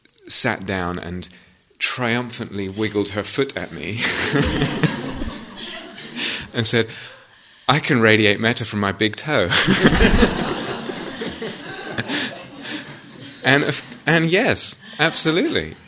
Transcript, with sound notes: sat down, and triumphantly wiggled her foot at me, [laughter] and said, "I can radiate mettā from my big toe!" [laughter] And of course, yes, absolutely!